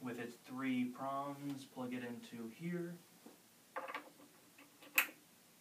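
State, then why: Seated. A three-prong cable connector is plugged into the matching female socket on one of a telescope's feet while someone talks. Brief handling taps around 3.8 s and 4.0 s are followed by a sharp click at 5.0 s as the connector seats and the connection is confirmed.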